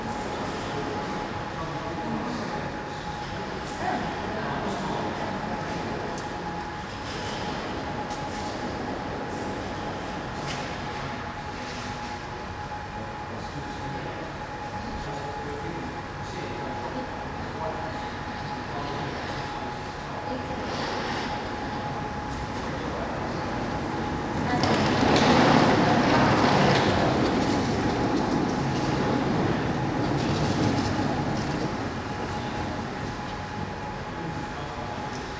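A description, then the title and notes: A quiet, mostly empty train station ticket office with a low, steady room murmur and a constant thin whine running throughout. Occasional soft knocks and shuffles come every few seconds, and around the middle of the clip a louder rumbling swell briefly rises, like a train passing. Train station ticket office. A ticket office of a train station, which is mostly deserted, with only a few travellers.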